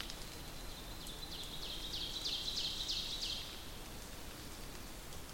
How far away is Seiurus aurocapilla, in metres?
about 70 m